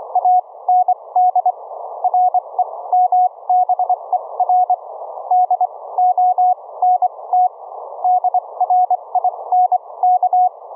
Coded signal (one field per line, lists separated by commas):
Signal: Morse code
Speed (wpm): 25 wpm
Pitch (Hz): 730 Hz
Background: none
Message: AND REMBER DONT DRINK